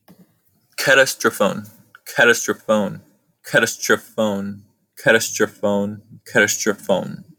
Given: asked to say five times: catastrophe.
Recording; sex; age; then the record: repeated word; male; 20 to 29 years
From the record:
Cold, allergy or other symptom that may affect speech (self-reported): no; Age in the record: 20 years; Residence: California, United States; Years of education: 14